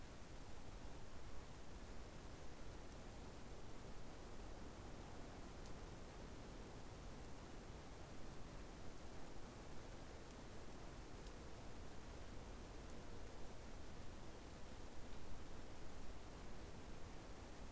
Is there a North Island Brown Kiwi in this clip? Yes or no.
no